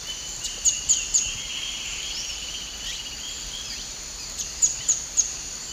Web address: Natures Songs S America Eastern Lowlands. Xenops tenuirostris, song